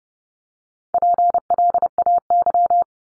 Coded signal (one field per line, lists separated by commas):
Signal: Morse code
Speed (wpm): 30 wpm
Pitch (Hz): 700 Hz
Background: none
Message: PLAY